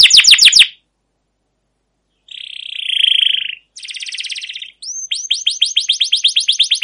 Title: CUIT CUIT NGEROL LANGSUNG GACOR PANJANG Kenari Ini AMPUH Utk Pancingan KENAR. Suara Burung Kenari Gacor Panjang cuit cuit Ngerol untuk Pancingan Kenari